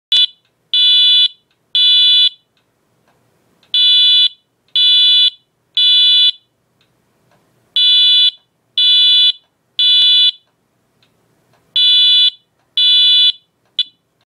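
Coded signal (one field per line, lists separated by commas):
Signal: alarm pattern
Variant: electronic fire alarm horn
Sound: harsh buzzing horn blasts in repeating groups of three, separated by short pauses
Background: quiet room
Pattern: temporal three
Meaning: Temporal-three (Code 3) tone signals building evacuation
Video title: Wheelock MT Code 3 Tone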